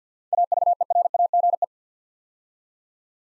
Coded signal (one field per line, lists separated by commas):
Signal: Morse code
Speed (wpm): 52 wpm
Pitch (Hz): 700 Hz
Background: none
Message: AVERAGE